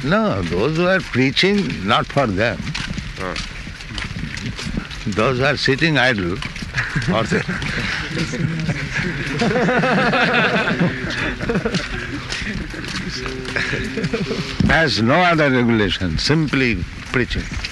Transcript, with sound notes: No, those who are preaching, not for them. Those who are sitting idle, or they... [laughter] ...has no other regulation, simply preaching.